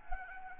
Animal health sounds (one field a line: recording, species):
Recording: mosquito wingbeat signal from an infrared sensor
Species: Anopheles arabiensis